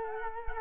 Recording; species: mosquito wingbeat signal from an infrared sensor; Culex quinquefasciatus